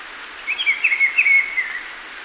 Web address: Natures Songs S America Birds of Ecuador Black-billed Peppershrike